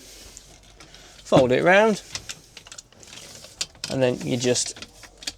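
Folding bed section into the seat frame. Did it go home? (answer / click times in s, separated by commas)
no / none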